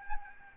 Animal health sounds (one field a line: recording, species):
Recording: mosquito wingbeat signal from an infrared sensor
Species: Aedes albopictus